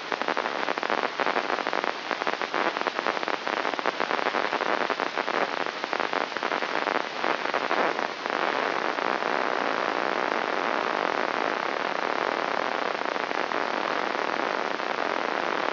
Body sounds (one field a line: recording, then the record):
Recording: brain microelectrode recording played as sound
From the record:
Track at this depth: outside the subthalamic nucleus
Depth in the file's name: 0.714 mm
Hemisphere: left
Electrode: 3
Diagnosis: Parkinson's disease